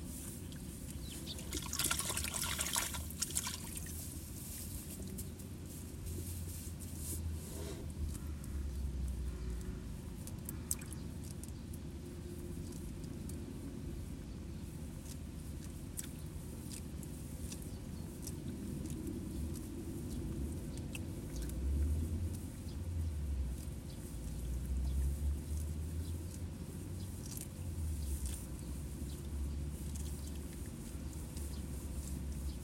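Water sloshes and trickles across a flooded rice nursery as seedlings are pulled, over a steady low rumble that never lets up. Sparrows chirp in short, bright bursts throughout, busiest around two to three seconds and again near twenty-five.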